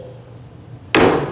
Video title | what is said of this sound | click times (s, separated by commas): EXCITING HOME UPDATE! California Closets | all the way closed and then I don't know if you heard that click | 0.9 s